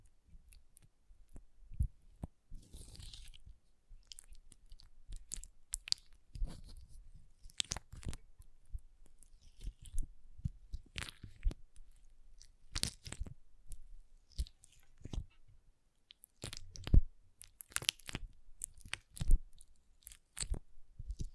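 Water beads are squeezed and handled, giving wet squishing and crunchy clicks in irregular bursts. Sharp bright snaps come every second or so, growing busier after about 12 seconds, with a soft rustle near 3 seconds and low thumps underneath.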